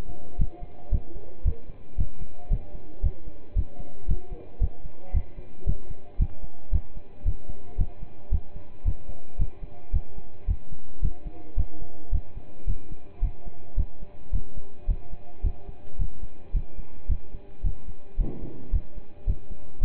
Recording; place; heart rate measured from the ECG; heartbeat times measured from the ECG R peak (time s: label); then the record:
heart sounds by stethoscope; between the tricuspid and mitral areas; 111 bpm
0.38 s: heartbeat
0.92 s: heartbeat
1.45 s: heartbeat
1.98 s: heartbeat
2.50 s: heartbeat
3.03 s: heartbeat
3.56 s: heartbeat
4.08 s: heartbeat
4.61 s: heartbeat
5.14 s: heartbeat
5.66 s: heartbeat
6.19 s: heartbeat
6.72 s: heartbeat
7.25 s: heartbeat
7.78 s: heartbeat
8.31 s: heartbeat
8.85 s: heartbeat
9.39 s: heartbeat
9.93 s: heartbeat
10.48 s: heartbeat
11.02 s: heartbeat
11.57 s: heartbeat
12.12 s: heartbeat
12.67 s: heartbeat
13.22 s: heartbeat
13.77 s: heartbeat
14.32 s: heartbeat
14.88 s: heartbeat
15.43 s: heartbeat
15.99 s: heartbeat
16.54 s: heartbeat
17.09 s: heartbeat
17.63 s: heartbeat
18.18 s: heartbeat
18.72 s: heartbeat
19.27 s: heartbeat
19.81 s: heartbeat
From the record:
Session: pedaling a stationary bicycle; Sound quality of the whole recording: partially saturated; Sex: male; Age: 27 years